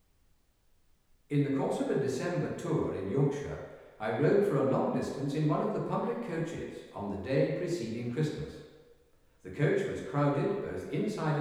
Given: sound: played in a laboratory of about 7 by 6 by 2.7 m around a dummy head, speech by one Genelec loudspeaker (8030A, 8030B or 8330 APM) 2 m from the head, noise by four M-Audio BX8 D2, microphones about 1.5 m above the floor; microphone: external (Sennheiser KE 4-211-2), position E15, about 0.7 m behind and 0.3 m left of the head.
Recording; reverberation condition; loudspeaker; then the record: male speech in English; high; 60 degrees to the left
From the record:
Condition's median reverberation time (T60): about 1300 ms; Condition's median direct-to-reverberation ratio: about -4.0 dB